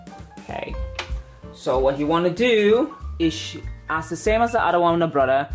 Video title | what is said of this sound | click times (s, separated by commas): Best beginner budget sewing machines 2021 / 101 sewing machine | that needs to be clicked in place okay okay | 1.0 s